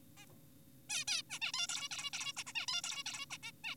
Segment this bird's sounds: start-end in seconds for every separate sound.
0.17-0.26, 0.90-1.04, 1.08-1.22, 1.30-1.39, 1.42-1.52, 1.54-1.67, 1.69-1.89, 1.91-2.10, 2.13-2.33, 2.37-2.44, 2.47-2.53, 2.55-2.66, 2.68-2.82, 2.84-3.03, 3.06-3.26, 3.30-3.38, 3.43-3.52, 3.64-3.75